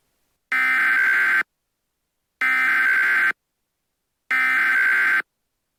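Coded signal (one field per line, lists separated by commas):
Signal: Emergency Alert System (SAME) tones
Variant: header bursts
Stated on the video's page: Fictional EAS scenario about an invented spreading bacteria, not a real alert.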